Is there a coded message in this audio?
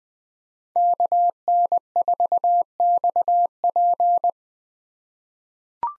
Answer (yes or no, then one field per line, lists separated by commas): yes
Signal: Morse code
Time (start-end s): 0.8-4.3 s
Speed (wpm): 20 wpm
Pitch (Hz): 700 Hz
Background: none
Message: KN4XP